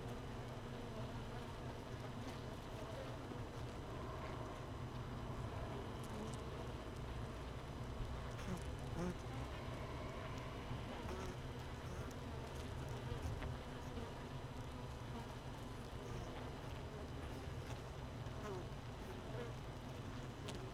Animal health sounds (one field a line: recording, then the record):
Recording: honeybee colony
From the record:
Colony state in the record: missing queen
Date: 31 May 2018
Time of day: 15:32